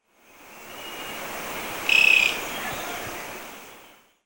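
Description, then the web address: Cinnamon-breasted tody-tyrant singing one short, buzzy trill of quick pulses at a high, steady pitch, set against a continuous hissing background. Ecuador. "Birds of Ecuador. Cinnamon-breasted Tody-Tyrant"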